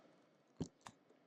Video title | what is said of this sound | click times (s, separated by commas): new 3 in 1 IMARS Dual Channel 80MHz Oscilloscope Multimeter Signal Generator Hand Held Oscilloscope | Did you hear that nice positive click? | 0.9 s